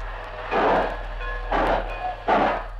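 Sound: train departing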